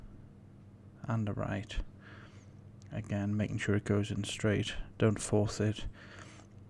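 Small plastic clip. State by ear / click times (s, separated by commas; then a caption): not seated / none. The right tail plane of an F104 VTOL, with its quick release clip, is pushed straight into the tail section without forcing while someone talks. Nothing has seated or clicked yet.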